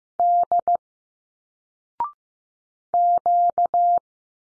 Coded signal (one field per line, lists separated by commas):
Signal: Morse code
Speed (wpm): 15 wpm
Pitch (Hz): 700 Hz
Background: none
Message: D Q